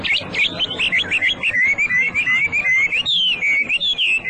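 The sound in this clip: Hwamei song: rich run of rapid whistled notes flowing into long, warbling, wavering phrases, continuous and melodious throughout.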